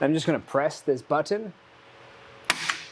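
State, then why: Released. Someone talks, then presses the release button on the rear wheel piston arm of a Kuat Piston Pro 2 hitch bike rack tray on a 2023 Nissan Rogue. A sharp click at 2.5 s, followed by a fainter one at 2.7 s, is heard as the wheel-holding arm lets go and releases.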